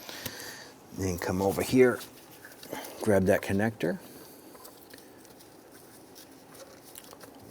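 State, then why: Not seated. Someone talks while a wiring harness connector is grabbed and lined up with the throttle body sensor socket on a 2002-2008 Dodge RAM, with only light handling sounds between the words. The connector has not seated or clicked yet.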